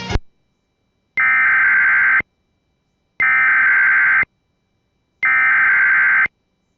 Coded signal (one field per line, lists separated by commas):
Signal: Emergency Alert System (SAME) tones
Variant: header bursts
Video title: CONFIRMED TORNADO IN KS!!!!!! (EAS #33)